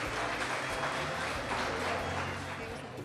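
An audience claps steadily for about three seconds, a dense, even wash of many hands with no single claps standing out and no break in the sound.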